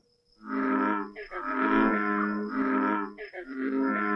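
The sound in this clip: American bullfrog calls, low droning harmonic notes about a second long, repeated roughly once a second with brief breaks between them.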